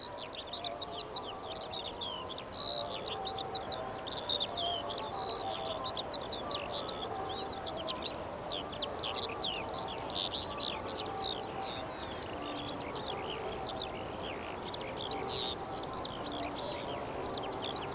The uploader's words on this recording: A late summer's evening on Eggardon Hill, Dorset. Recorded by Ezra Gray. Skylark descending.